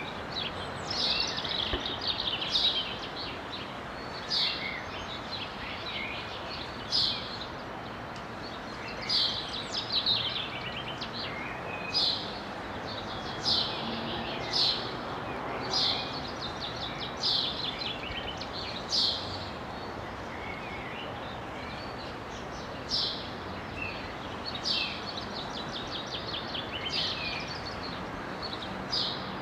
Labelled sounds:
House Sparrow (Passer domesticus) song

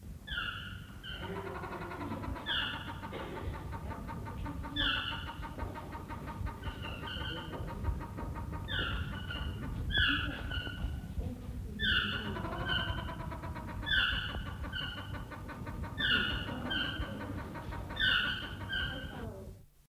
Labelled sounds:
Grey Peacock-Pheasant (Polyplectron bicalcaratum) call

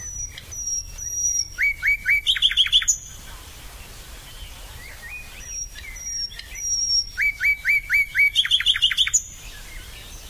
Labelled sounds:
Common Nightingale (Luscinia megarhynchos) song

